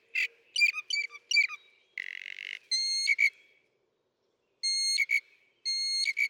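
Northern mockingbird song: quick chirped notes, a short buzzy burst, then clear ringing whistled phrases separated by a pause.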